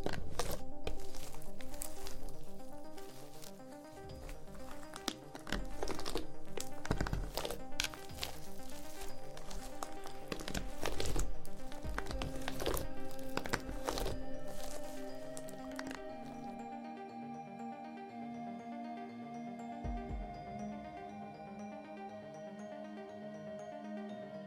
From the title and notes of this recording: ASMR SLIME SATISFYING - NO TALKING.